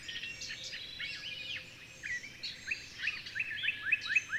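Birdsong of faint, overlapping high twitters, ending with a short series of sharper chirps.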